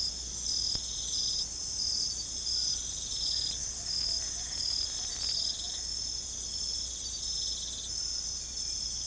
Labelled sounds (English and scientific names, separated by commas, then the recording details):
none
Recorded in secondary vegetation near Puerto Asís, Putumayo, Colombia, on 16 December 2024 at 22:30
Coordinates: 0.468, -76.324
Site G095